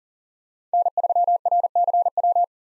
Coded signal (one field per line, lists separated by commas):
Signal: Morse code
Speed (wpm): 40 wpm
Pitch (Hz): 700 Hz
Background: none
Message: N3RCW